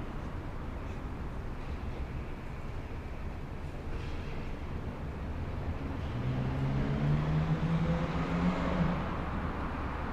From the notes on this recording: field recordings and lovely sounds from a Dutch city square